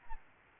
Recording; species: mosquito wingbeat signal from an infrared sensor; Aedes albopictus